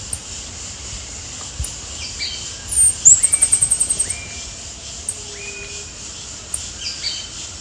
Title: LuckyPassaro Completos2Sama. Sao Francisco Sparrow (Arremon franciscanus)